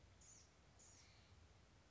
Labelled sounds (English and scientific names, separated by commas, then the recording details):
Bewick's Wren (Thryomanes bewickii)
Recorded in Sonoma County, California